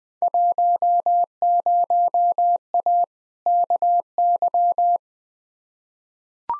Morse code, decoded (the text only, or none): 10A KY